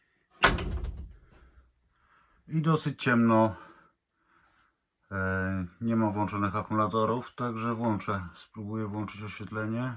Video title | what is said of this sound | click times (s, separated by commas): Szwedzki luksus❗️ Delta 26 open 🇸🇪 cena 450000 zł | dole jest magnez aby zablokował się te drzwi i | 0.4 s